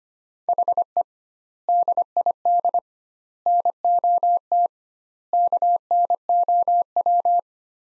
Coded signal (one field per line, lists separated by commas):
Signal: Morse code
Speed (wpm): 25 wpm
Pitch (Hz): 700 Hz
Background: none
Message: HE DID NOT KNOW